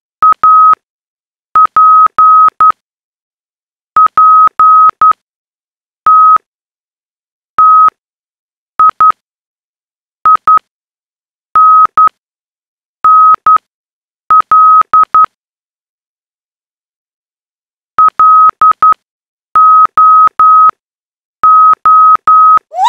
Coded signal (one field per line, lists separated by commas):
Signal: Morse code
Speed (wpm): 11 wpm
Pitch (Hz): 1270 Hz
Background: none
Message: APPTTIINNL LOO